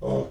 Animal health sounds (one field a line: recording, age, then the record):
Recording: pig call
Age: piglet (1 to 25 days)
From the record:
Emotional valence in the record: negative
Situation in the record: restrain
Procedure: in the arms of a person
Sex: male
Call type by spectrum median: low-frequency call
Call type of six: low-frequency stable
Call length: 0.31 s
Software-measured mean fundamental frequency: 59 Hz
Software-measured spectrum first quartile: 194 Hz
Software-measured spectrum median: 398 Hz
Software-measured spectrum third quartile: 555 Hz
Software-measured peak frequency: 424 Hz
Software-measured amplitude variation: 101 dB a second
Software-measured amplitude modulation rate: 14.5 a second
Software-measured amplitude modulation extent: 6.9 dB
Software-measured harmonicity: 0.1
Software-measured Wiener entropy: -0.53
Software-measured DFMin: 964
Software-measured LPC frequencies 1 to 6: 522, 2098, 3130, 3387, 4771, 5976 Hz